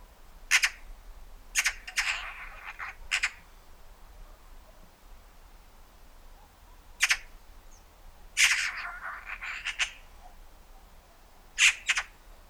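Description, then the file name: Eurasian magpie giving harsh, rasping chatter notes, single and in short clusters, scattered irregularly with pauses of one to four seconds over a quiet background. "Pica pica"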